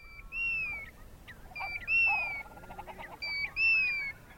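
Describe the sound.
Eurasian curlew calling: three long, clear fluty whistles, the last two each preceded by a short note.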